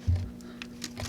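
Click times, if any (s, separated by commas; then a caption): 0.6 s. On a Jeep Gladiator/Wrangler JL, during installation of a MAXPower PRO ECM, a wiring harness connector is fed down and pushed onto the engine fuel pressure sensor until it locks. Over a low hum and an early low thump, a sharp, clean click sounds at 0.6 s, among fainter ticks at 0.4, 0.8 and 1.0 s. The connector is seated and locked with a nice click.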